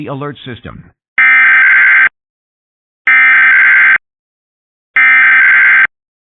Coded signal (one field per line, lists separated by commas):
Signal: Emergency Alert System (SAME) tones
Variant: header bursts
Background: speech